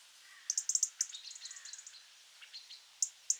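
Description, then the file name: European robin ticking rapidly, the sharp clicks mixed with thin, high twittering notes, then two single ticks at the end. "Erithacus rubecula"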